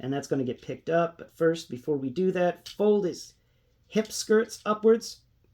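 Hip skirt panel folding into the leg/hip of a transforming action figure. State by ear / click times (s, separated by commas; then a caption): not seated / none. Someone talks over the handling of a Legacy Galaxy Shuttle Transformer action figure as its plastic hip skirt panels are about to be folded upward into the leg and hip, with a short quiet pause around 3.3 to 3.9 s. No click is heard, and nothing has seated yet.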